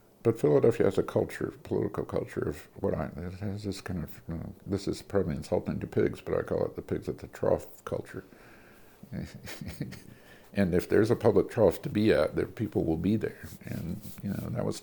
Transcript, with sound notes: But Philadelphia has a political culture that has this kind of—well, this is probably insulting to pigs, but I call it the "pigs at the trough" culture. [laughter] And if there's a public trough to be at, then people will be there, and, you know, that was